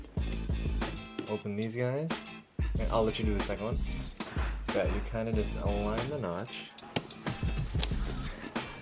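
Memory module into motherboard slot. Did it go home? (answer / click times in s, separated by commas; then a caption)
yes / 7.8 s. A memory module is lined up with its notch and pressed down into a motherboard DIMM slot while someone talks over background music. A sharp click is heard at 7.8 seconds as the retention clip snaps shut, and the module is seated.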